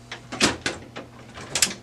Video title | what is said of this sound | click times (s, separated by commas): HP 4250 - Onyx Imaging - OKC Printer Repair - How to Replace the Fuser | click it into place you should hear it actually click on both sides once | 1.5 s, 1.6 s